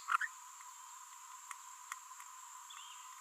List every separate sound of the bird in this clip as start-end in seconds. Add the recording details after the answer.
0.10-0.16, 0.22-0.25. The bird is a female. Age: 28 days. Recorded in a nest box in Venezuela. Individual 17B42B2